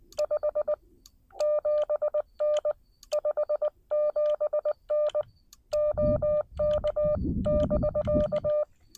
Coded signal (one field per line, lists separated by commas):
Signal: Morse code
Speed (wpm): 19 wpm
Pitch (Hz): 590 Hz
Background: none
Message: 57N 57N OK <BK>